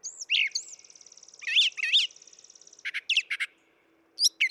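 Brown thrasher song, a rapid mix of sharp whistled slurs, a long buzzy trill and doubled chirpy notes separated by brief silences.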